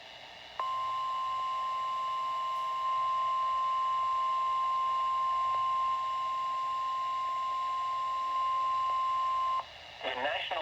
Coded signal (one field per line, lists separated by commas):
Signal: Emergency Alert System (SAME) tones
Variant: 1050 Hz attention tone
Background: speech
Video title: EAS Alerts from 4/22/2023 (EAS #13-22)